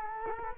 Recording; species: mosquito wingbeat signal from an infrared sensor; Culex quinquefasciatus